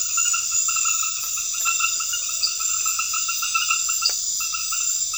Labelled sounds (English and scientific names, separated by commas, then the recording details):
none
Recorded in pastures near Puerto Asís, Putumayo, Colombia, on 28 February 2025 at 22:00
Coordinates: 0.502, -76.324
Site GP07